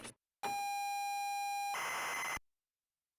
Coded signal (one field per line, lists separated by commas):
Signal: ZX Spectrum tape loading